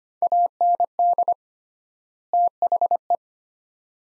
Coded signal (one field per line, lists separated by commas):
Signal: Morse code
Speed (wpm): 25 wpm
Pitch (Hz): 700 Hz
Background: none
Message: AND THE